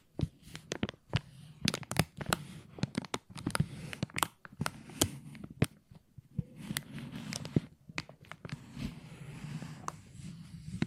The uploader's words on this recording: ASMR Plastic Crinkle No Talking.